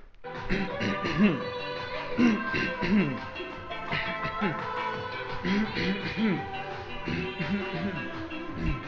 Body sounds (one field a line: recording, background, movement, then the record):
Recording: throat clearing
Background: music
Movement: walking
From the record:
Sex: male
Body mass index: 21.0 kg/m2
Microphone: on the chest, facing outward